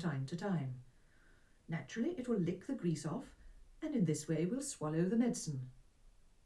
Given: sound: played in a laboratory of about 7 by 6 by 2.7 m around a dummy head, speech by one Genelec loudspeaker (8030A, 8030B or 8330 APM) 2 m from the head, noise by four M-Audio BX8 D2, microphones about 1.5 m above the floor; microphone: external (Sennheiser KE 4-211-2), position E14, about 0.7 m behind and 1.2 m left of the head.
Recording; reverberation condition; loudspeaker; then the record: female speech in English; low; 90 degrees to the right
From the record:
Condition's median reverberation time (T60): about 310 ms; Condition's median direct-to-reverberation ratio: about 3.5 dB